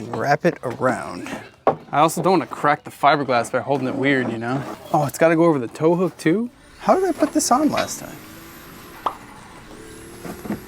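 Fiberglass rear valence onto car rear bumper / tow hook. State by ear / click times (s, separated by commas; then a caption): seated / 9.1 s. Someone talks while a fiberglass rear valence is worked onto the rear bumper of a 300ZX and hooked over the tow hook in a tight fit. A single sharp click at 9.1 s marks the valence seating into place, and the fit is perfect.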